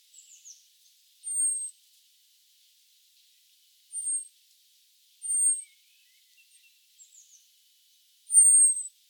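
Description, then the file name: Common blackbird calls: faint, very high, thin drawn-out notes spaced irregularly, plus a few brief quiet chips. "Turdus merula"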